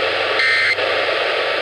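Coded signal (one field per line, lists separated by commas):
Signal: Emergency Alert System (SAME) tones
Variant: end-of-message bursts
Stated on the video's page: Required Monthly Test broadcast from Utah on a Friday night.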